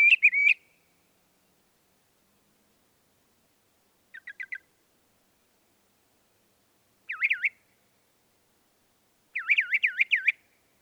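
Northern mockingbird song with varied phrases split by pauses: a short warble, a soft quick trill, a looping slurred note, then a string of rising-and-falling whistles.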